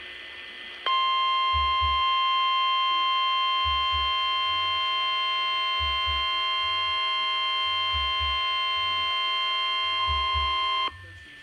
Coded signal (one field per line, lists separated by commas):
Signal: Emergency Alert System (SAME) tones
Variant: 1050 Hz attention tone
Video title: EAS Severe Thunderstorm Warning 4-26-2016